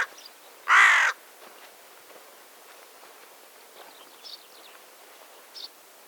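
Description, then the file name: Carrion crow giving a single short, harsh, raspy caw, followed by faint high chirps from small birds in the background. "Corvus corone"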